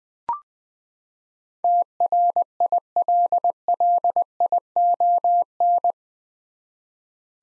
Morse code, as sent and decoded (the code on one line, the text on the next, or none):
- .-. .. .-.. .-.. .. --- -.
TRILLION